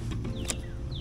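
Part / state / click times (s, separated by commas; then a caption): front bar connector into robotic lawn mower body / not seated / none. The front bar's connector is being handled against the body of a Mammotion Luba robotic lawn mower, with short handling taps at about 0.1 s and a sharper knock at 0.5 s over a steady low background hum. Nothing has seated or snapped in yet.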